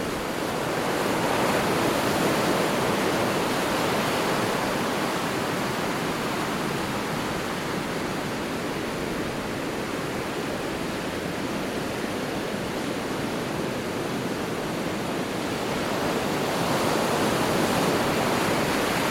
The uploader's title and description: Heavy Ocean Waves Sound. The steady rush of powerful ocean waves